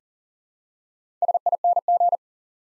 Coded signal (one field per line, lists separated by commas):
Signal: Morse code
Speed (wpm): 38 wpm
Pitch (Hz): 700 Hz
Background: none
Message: SING